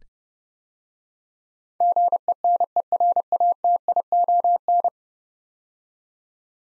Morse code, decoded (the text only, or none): GENERATION